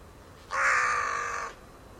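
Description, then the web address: Bird call: a single rasping, sustained note lasting about one second, against faint background hiss. "cianscape. Deverinetal. Bird Only"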